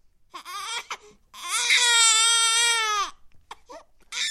The sound of a newborn baby's cry.